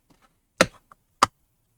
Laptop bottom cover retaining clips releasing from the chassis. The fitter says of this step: and you can hear that little click that is normal